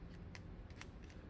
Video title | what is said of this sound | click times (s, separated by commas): iHealth Blood Glucose Test Strips 50 Count, No Coding Blood Sugar Test Review | So there's like a little click. | 0.4 s, 0.8 s